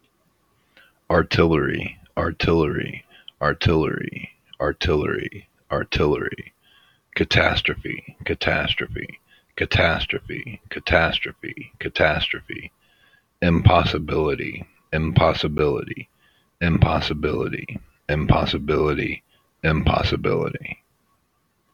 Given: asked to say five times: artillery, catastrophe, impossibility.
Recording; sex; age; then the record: three words, each repeated; male; 50 to 59 years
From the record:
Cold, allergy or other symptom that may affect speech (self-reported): no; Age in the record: 58 years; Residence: Georgia, United States